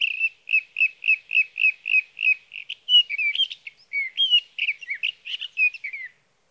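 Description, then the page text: Sage thrasher song starting with a steady series of repeated similar notes, then breaking into varied rapid warbled phrases. Male singing through the night near his night roost, evening of June 12 to morning of June 15, 2018, Sierra Valley, California; Swift recorder. "61. Sage thrasher songs, through the night."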